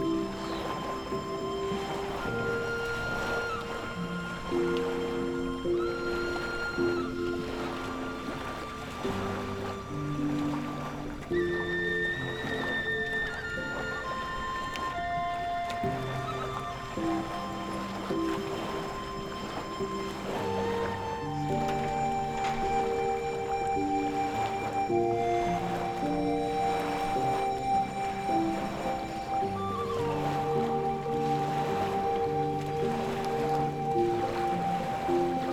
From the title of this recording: Gentle Flutes at the Ocean's Edge